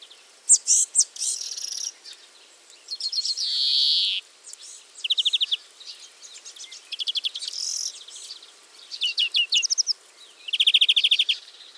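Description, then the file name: European greenfinch song: bursts of rapid metallic trills alternating with a drawn-out wheezy buzz, phrases coming in quick succession with short gaps. "Chloris chloris"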